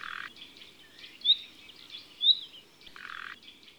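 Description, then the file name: Common nightingale song: short phrases of buzzy, rattling notes around mid-high pitch, with two sharp rising whistles in between, separated by brief pauses. Recorded in summer. "Ete Le Rossignol philomele extrait"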